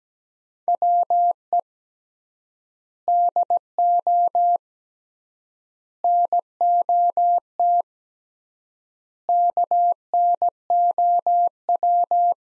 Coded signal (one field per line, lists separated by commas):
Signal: Morse code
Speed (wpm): 17 wpm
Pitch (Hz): 700 Hz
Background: none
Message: WE DO NOT KNOW